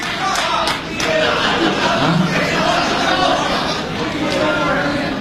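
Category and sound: crowd, audience applause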